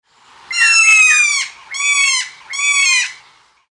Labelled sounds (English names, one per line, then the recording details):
Kea
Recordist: Tembrock, Günter
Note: Rufe